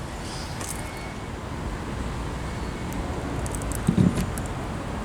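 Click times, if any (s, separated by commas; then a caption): none. A supercharger charging plug is handled at the rear charge port of a Tesla Model X, beside the rear light cluster, over a steady low rumble of vehicle and traffic noise. A few short, sharp taps of handling come near the end, around 3.5 to 4.4 seconds. The plug has not seated or clicked into the port yet.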